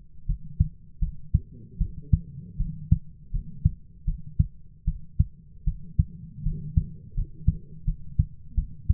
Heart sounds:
heart sounds by stethoscope; 80 bpm
0.27 s: heartbeat
1.00 s: heartbeat
1.79 s: heartbeat
2.58 s: heartbeat
3.32 s: heartbeat
4.05 s: heartbeat
4.85 s: heartbeat
5.65 s: heartbeat
6.44 s: heartbeat
7.15 s: heartbeat
7.85 s: heartbeat
8.55 s: heartbeat
From the record:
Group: healthy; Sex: female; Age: 22 years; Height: 161 cm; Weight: 65.5 kg

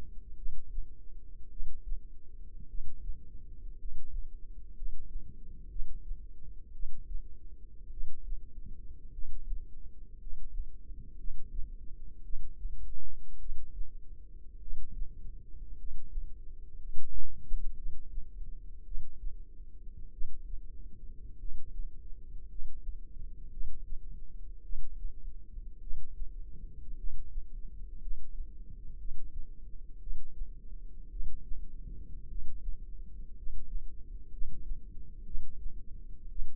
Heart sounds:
heart sounds by microphone in the left ear; 55 bpm
0.34 s: heartbeat
1.48 s: heartbeat
2.65 s: heartbeat
3.75 s: heartbeat
4.72 s: heartbeat
5.67 s: heartbeat
6.71 s: heartbeat
7.88 s: heartbeat
9.09 s: heartbeat
10.17 s: heartbeat
11.15 s: heartbeat
12.21 s: heartbeat
13.37 s: heartbeat
14.58 s: heartbeat
15.74 s: heartbeat
16.76 s: heartbeat
17.73 s: heartbeat
18.82 s: heartbeat
20.09 s: heartbeat
21.36 s: heartbeat
22.45 s: heartbeat
23.48 s: heartbeat
24.60 s: heartbeat
25.78 s: heartbeat
26.94 s: heartbeat
27.97 s: heartbeat
28.96 s: heartbeat
29.98 s: heartbeat
31.08 s: heartbeat
32.26 s: heartbeat
33.33 s: heartbeat
34.28 s: heartbeat
35.22 s: heartbeat
36.27 s: heartbeat
From the record:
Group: healthy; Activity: rest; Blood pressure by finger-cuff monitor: 155/69 mmHg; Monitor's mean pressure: 95 mmHg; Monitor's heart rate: 55 bpm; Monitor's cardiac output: 6.1 L/min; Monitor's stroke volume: 111 mL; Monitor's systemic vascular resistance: 1130 dyn s/cm5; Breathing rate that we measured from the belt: 10 breaths a minute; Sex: male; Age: 25 years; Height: 170 cm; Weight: 70.4 kg

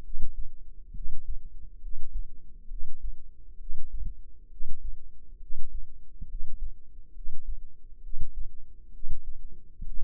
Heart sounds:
heart sounds by microphone in the left ear; 67 bpm
0.01 s: heartbeat
0.92 s: heartbeat
1.80 s: heartbeat
2.68 s: heartbeat
3.57 s: heartbeat
4.48 s: heartbeat
5.38 s: heartbeat
6.27 s: heartbeat
7.13 s: heartbeat
8.01 s: heartbeat
8.91 s: heartbeat
9.83 s: heartbeat
From the record:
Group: healthy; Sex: female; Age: 22 years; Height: 160 cm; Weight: 45 kg

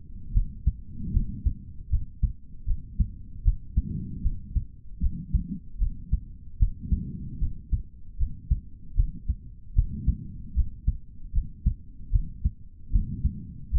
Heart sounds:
heart sounds by stethoscope; 76 bpm
0.32 s: heartbeat
1.12 s: heartbeat
1.89 s: heartbeat
2.65 s: heartbeat
3.43 s: heartbeat
4.22 s: heartbeat
5.00 s: heartbeat
5.78 s: heartbeat
6.58 s: heartbeat
7.39 s: heartbeat
8.17 s: heartbeat
8.95 s: heartbeat
9.74 s: heartbeat
10.54 s: heartbeat
11.32 s: heartbeat
12.11 s: heartbeat
12.90 s: heartbeat
13.70 s: heartbeat
From the record:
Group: healthy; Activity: rest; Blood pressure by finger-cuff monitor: 127/74 mmHg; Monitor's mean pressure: 94 mmHg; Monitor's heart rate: 76 bpm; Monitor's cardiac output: 4.3 L/min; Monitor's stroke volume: 57 mL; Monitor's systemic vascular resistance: 1580 dyn s/cm5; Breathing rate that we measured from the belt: 20 breaths a minute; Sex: male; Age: 55 years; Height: 167 cm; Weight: 57.2 kg

